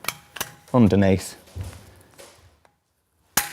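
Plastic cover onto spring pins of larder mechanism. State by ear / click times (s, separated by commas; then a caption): seated / 3.4 s. A plastic cover is placed over the white spring at the back of an Innostor Plus soft close larder mechanism and clipped around underneath so its pins engage the holes. There are light taps near 0.1 and 0.4 s and someone talks, then a sharp click at 3.4 s marks the cover seating onto the spring pins.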